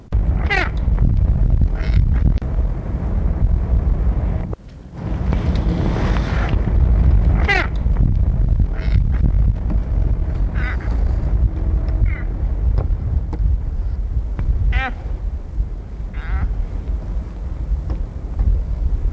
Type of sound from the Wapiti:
call